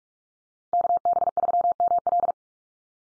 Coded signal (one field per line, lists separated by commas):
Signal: Morse code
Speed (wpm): 44 wpm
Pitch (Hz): 700 Hz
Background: none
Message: KB3ML